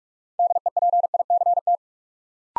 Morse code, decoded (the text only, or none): DEPICT